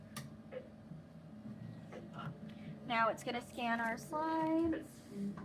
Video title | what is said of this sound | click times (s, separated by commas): VisionTek digital microscope | And you're going to push until you hear a click. | 0.2 s